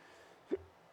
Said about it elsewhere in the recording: God damn, hiccups. Don't let my hiccups distract you.